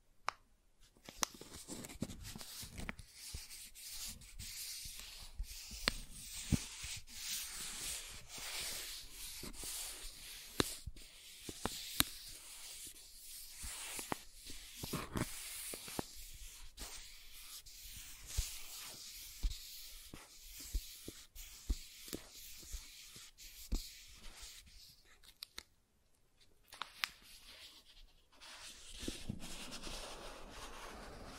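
Soft tracing across surfaces makes a steady, airy scratching hiss, broken by frequent short taps and clicks, briefly fading near twenty-six seconds.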